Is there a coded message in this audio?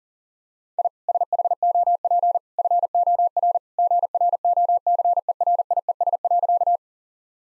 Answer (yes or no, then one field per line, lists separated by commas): yes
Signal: Morse code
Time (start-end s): 0.8-6.8 s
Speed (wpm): 40 wpm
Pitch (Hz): 700 Hz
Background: none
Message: I SHOP FOR GROCERIES.